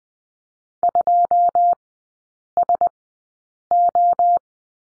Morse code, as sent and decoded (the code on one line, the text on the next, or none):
..--- ... ---
2SO